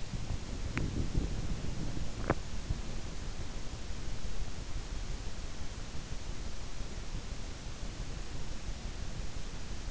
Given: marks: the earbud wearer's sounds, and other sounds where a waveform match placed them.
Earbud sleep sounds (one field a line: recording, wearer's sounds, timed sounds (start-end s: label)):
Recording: sounds in sleep by an in-ear microphone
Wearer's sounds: body movement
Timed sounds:
0.00-3.39 s: body movement